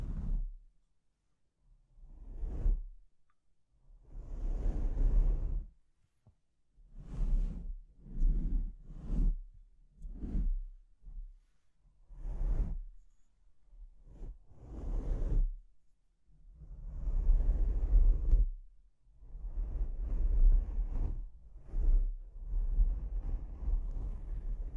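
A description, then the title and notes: Microphone scratching in short, irregular bursts of rough rubbing and swishing, each lasting a second or two with brief quiet gaps. Low thumps run beneath the scraping, and the longer stretches near the end are denser and more sustained. ASMR Brain Melting Mic Scratching (No Talking).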